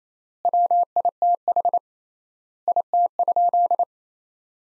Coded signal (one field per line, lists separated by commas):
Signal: Morse code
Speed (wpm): 27 wpm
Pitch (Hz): 700 Hz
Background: none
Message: WITH IT?